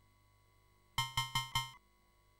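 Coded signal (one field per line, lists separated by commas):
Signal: none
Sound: computer game music beeps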